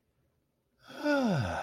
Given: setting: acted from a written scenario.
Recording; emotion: vocal sound without words; serenity